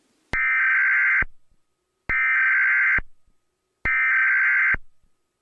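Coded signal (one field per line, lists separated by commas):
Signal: Emergency Alert System (SAME) tones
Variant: header bursts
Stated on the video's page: Fictional EAS scenario about a giant tornado.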